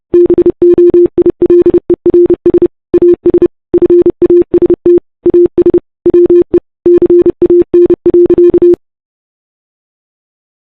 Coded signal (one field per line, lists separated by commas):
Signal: Morse code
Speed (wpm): 30 wpm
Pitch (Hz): 350 Hz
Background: none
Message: BOILERS AS FAST AS WE CAN.